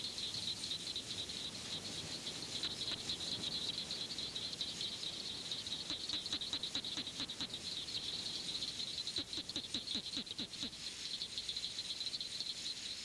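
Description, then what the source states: Southern cricket frog giving sharp clicking notes in a few quick bursts over a steady high hiss. Abundant statewide in Florida, heard year-round; call likened to striking two marbles together.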